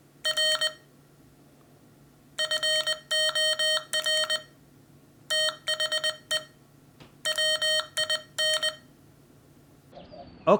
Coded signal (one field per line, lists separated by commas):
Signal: Morse code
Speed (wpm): 20 wpm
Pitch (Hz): 3100 Hz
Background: none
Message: R FOR THE WIN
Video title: Mini-B Miniature Single Lever/Sideswiper Morse Code Paddle by American Morse Equipment